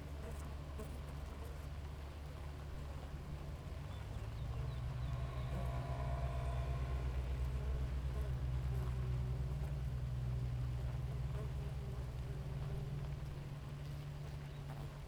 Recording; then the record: honeybee colony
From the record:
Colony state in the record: active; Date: 28 July 2017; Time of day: 4:46